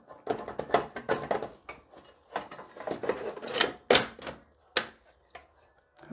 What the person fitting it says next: nice to hear it click in like that